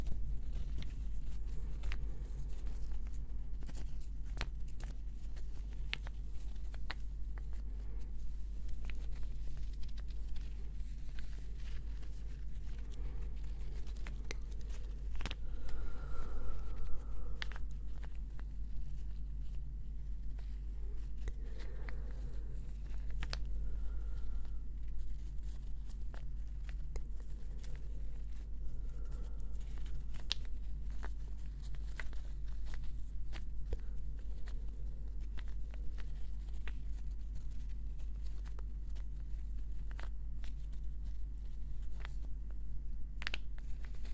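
Gentle tapping and scratching on wood. Soft, irregular taps and faint scrapes continue throughout over a steady low hum, with a brief brighter scratching passage around the middle.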